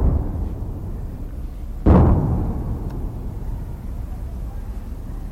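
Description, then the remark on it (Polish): A heavy aerial bomb explosion booms out of a steady low rumble, its deep roar slowly fading, and a second blast hits at the very end, both muffled by distance. Bombs strike the Old City of western Mosul, one to two kilometres from the Suez bridge, during American, French and Iraqi air attacks, May 2017. “Dzieli nas kilometr, może dwa, a każda eksplozja to kolejne czarne słupy wyrastające w miejscu, w który uderzyła bomba lotnicza.”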